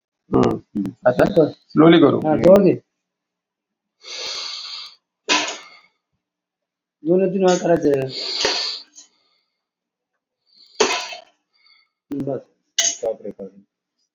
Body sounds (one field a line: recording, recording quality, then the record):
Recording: shallow breathing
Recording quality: excellent, no background noise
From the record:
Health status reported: COVID-19 positive, no symptoms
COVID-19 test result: positive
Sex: male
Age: 57 years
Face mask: worn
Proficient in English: yes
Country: India